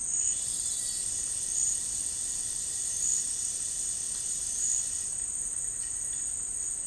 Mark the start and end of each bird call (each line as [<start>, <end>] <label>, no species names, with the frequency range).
[0.06, 1.06] bird call (2.4-5.8 kHz)